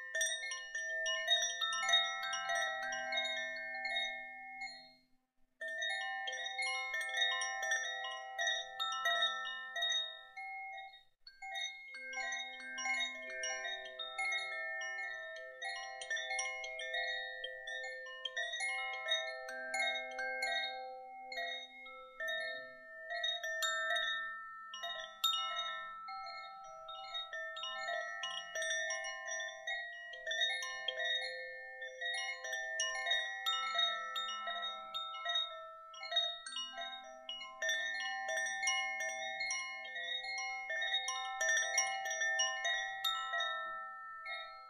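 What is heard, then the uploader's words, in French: Koshi chimes of the Earth element ring continuously, bright clustered tones overlapping and sustaining as they're gently swayed. A soft low hum sits beneath at times, and the ringing dips briefly near five and eleven seconds before resuming its steady, dense shimmer. Carillon Koshi élément Terre.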